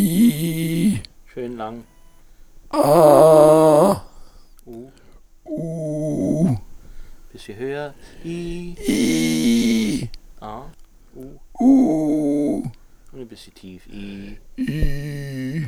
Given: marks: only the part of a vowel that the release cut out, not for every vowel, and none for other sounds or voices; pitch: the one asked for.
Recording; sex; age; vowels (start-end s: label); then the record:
sustained vowels; male; 70 to 79 years
0.17-0.78 s: vowel /i/, normal pitch
3.23-3.85 s: vowel /a/, normal pitch
5.63-6.23 s: vowel /u/, normal pitch
8.97-9.87 s: vowel /i/, high pitch
11.74-12.48 s: vowel /u/, high pitch
14.98-15.51 s: vowel /i/, low pitch
From the record:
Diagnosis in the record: recurrent laryngeal nerve paralysis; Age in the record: 72 years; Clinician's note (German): Links, mit Verdickung hinteres Drittel, mit phonatorischem Stillstand; Verdacht auf Ca!